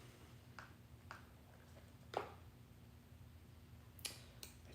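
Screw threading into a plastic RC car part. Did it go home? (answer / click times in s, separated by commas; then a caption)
no / none. A screw is driven into a plastic part of a Team Associated RC10T Classic Re-Release RC truck kit, likely a 1/2 in wheel or front screw. Short, sharp ticks land at about 0.6, 1.1, 2.2, 4.1 and 4.4 s over a low steady hum, and nothing seats or clicks. The screw strips out of the plastic with little warning.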